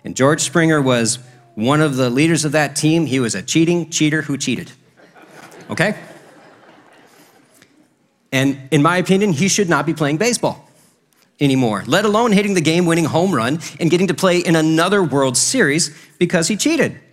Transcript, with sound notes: And George Springer was one of the leaders of that team. He was a cheating cheater who cheated. (Audience Laughing) And in my opinion, he should not be playing baseball anymore, let alone hitting the game-winning home run and getting to play in another World Series because he cheated.